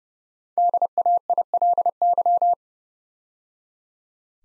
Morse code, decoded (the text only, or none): DAILY